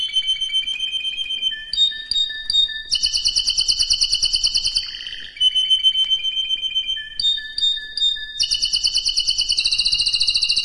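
Canary song alternating steady whistled tones, clipped chips and loud pulsing trills, phrases restarting after brief pauses, all high-pitched.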